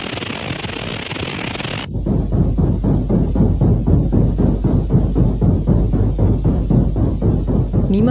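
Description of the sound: A steady high hiss for about two seconds gives way to a low, rumbling throb pulsing roughly four times a second. This simulates another form of tinnitus, which can sound quite different from one person to another; the noises are heard only by those affected and arise in the brain, not in the ear.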